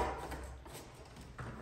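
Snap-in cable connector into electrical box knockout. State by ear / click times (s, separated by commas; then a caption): not seated / none. An assembled double-barrel MC snap-in cable connector is handled at the knocked-out hole of a metal electrical box, with low rustling handling noise and a brief louder knock near 1.4 seconds. Nothing has seated or clicked yet; the clip ends just before the connector goes home.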